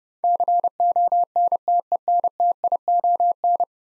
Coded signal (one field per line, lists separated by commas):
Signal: Morse code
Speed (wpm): 32 wpm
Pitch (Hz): 700 Hz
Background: none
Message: CONTENTION